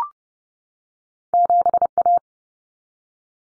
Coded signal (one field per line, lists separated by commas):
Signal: Morse code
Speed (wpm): 30 wpm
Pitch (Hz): 700 Hz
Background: none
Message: 7A